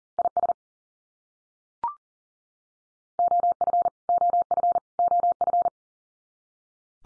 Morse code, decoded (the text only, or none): IS OF OF OF